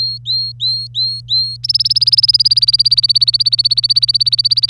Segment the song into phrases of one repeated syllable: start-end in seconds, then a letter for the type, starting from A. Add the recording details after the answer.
0.00-1.57 A, 1.64-4.69 B. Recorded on 25 April 2018 at 09:33. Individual llb3